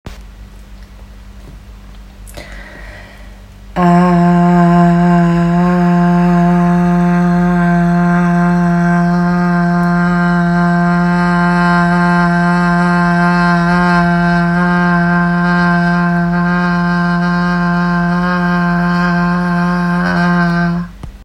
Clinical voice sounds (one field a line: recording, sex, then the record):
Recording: sustained vowel /a/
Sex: female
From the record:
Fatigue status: no fatigue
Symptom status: symptomatic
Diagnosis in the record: COVID-19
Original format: m4a